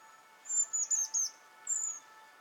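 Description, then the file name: European robin calls: very high, thin, squeaky notes in a short burst of four, then a single drawn-out high note after a pause, over a faint steady hum. "Erithacus rubecula - European Robin"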